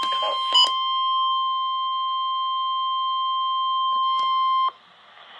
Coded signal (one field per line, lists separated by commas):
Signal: Emergency Alert System (SAME) tones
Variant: 1050 Hz attention tone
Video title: NOAA Weather Radio EAS #268: Severe Thunderstorm Warning